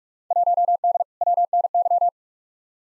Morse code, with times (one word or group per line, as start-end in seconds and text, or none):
0.3-1.0 1D
1.2-2.1 WNY